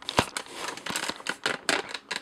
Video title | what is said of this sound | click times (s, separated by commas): Toy Review: Max Factory "Max Gokin" Big O | push it back make sure it's touching the spring and then it just locks in place | 1.7 s